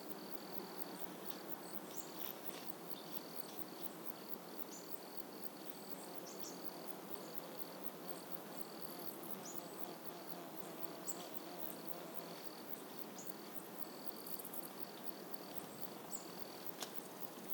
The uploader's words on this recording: Warm Summer Morning. A warm summer soundscape in an early morning revealing a variety of close insects and birds in the background. This place is an ancient neolithic era settlement: there are monoliths nearby. Field recording by Steven Baber.